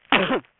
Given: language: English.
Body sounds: throat vibration sensor signal played as sound; cough

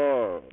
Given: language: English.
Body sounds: throat vibration sensor signal played as sound; speech

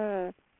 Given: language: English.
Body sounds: throat vibration sensor signal played as sound; speech

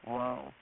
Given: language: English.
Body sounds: throat vibration sensor signal played as sound; speech

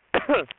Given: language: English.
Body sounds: throat vibration sensor signal played as sound; cough

